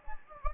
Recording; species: mosquito wingbeat signal from an infrared sensor; Anopheles gambiae